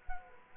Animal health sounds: mosquito wingbeat signal from an infrared sensor; Culex quinquefasciatus

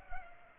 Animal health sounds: mosquito wingbeat signal from an infrared sensor; Culex pipiens

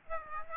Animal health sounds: mosquito wingbeat signal from an infrared sensor; Aedes aegypti

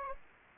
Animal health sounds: mosquito wingbeat signal from an infrared sensor; Anopheles gambiae

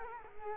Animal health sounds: mosquito wingbeat signal from an infrared sensor; Culex quinquefasciatus

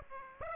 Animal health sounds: mosquito wingbeat signal from an infrared sensor; Aedes aegypti

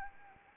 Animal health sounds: mosquito wingbeat signal from an infrared sensor; Anopheles arabiensis

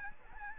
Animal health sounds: mosquito wingbeat signal from an infrared sensor; Aedes albopictus

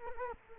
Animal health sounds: mosquito wingbeat signal from an infrared sensor; Culex quinquefasciatus

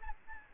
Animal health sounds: mosquito wingbeat signal from an infrared sensor; Aedes albopictus

